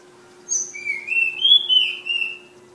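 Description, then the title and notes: Flowerpecker singing a high thin note, then a drawn-out whistled phrase that rises in steps and wavers before fading, with a constant low hum beneath. Tledekan (Sulingan) from Kudus. "Tledekan/Sulingan ABABIL. Suara Burung Tledekan Ababil dari Kudus"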